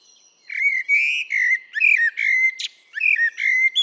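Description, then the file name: Common blackbird warbling steadily, a run of mellow, rounded whistles mixed with brief scratchy notes, repeated in quick succession. "Turdus merula"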